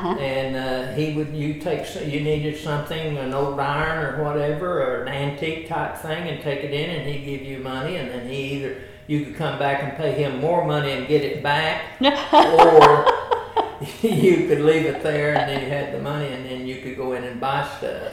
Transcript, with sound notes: And he would-- you'd take-- you needed something, an old iron or whatever or an antique type thing and take it in and he'd give you money and he either-- you could come back and pay him more money and get it back-- (Laughter) --or, you could leave it there and he had the money and you could go in and buy stuff.